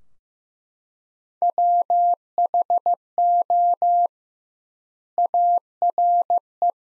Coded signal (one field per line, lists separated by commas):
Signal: Morse code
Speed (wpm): 15 wpm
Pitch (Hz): 700 Hz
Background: none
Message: WHO ARE